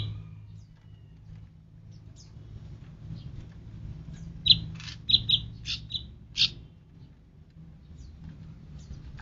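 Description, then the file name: Cucak rante song: a short burst of several bright, clipped notes midway through, over a steady low hum. "cucak rante mas"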